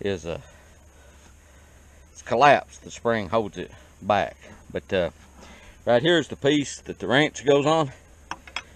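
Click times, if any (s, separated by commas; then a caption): 8.3 s, 8.6 s. Someone talks while a wrench is put on the tripper piece of a steel Ford 101 plow bottom and forced against its spring-loaded trip latch. The latch lets go with sharp metallic snaps at 8.3 s and 8.6 s. The plow bottom is tripped and stays up until it is latched back in place.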